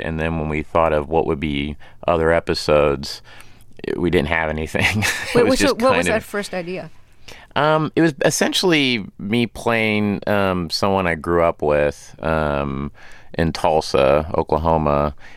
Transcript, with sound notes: And then, when we thought of what would be other episodes, we didn't have anything (laughter)
Wait, what - so what was that first idea?
It was essentially me playing someone I grew up with in Tulsa, Okla.